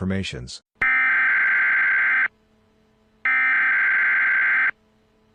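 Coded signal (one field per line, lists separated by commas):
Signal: Emergency Alert System (SAME) tones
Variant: header bursts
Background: speech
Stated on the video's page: Fictional EAS scenario.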